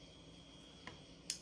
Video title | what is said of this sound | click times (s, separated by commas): BESURE LED Headlight install Jeep Wrangler | till it snaps, and then push the red plug down, and the other end's gonna go in your | 1.3 s